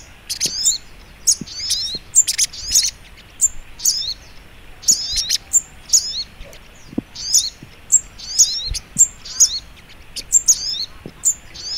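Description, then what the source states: Little spiderhunter song, high thin twittering phrases with sharp chirps, repeated in quick bursts, with faint low clicks beneath. Masteran training recording, labelled Labaik.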